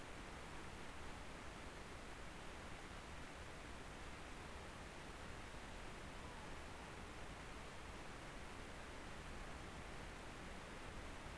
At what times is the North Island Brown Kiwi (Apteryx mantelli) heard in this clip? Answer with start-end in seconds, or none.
none